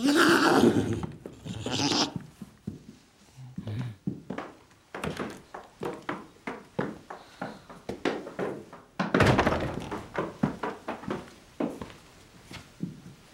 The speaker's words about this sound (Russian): По комнате гуляет маленькая лошадка.